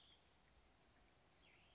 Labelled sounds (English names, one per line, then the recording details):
Western Flycatcher
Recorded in Sonoma County, California